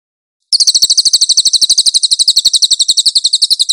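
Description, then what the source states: Cililin song: after a moment of silence, a high, quick trill of repeated notes begins and keeps going to the end. Nonstop cililin song for cage-bird training.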